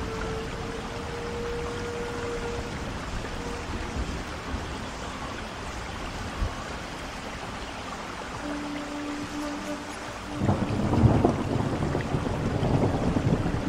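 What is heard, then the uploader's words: Steady rain hisses throughout while a Native American flute plays a few long, held notes, a higher one early on and a lower one around nine seconds. Just past ten seconds a louder, deeper rumble swells in, thickening the rain sound until the end. Rain and Native American Flutes - Relaxing Music.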